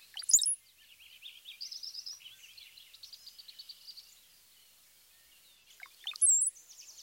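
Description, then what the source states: Brown-headed Cowbird gives a gurgling phrase ending in a thin high whistle, then a long series of soft high notes, and a second gurgle-and-whistle song near the end. Song combines a high-pitched Z note with a diagnostic bubbly sound, bubble, bubble, Z.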